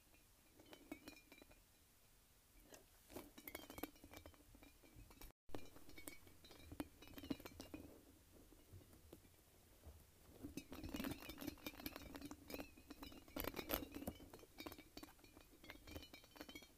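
A light-up spiky ball being handled, with bursts of bright clinking and rattling taps that come in uneven clusters, busiest from about 10 to 15 seconds. A low steady hum runs underneath, and the sound cuts out completely for a moment around 5 seconds.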